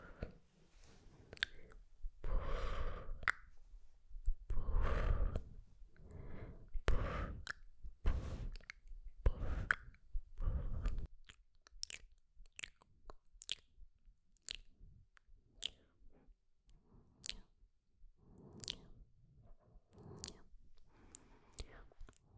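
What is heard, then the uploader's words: Whispered mouth sounds like "sk sk" and "tk tk" come in quick, wet bursts. The first half is dense with thick, hissy, squishy pops, then it thins to sparse, sharp tongue clicks and ticks every second or so over near silence. Sk Sk Tk Tk ASMR.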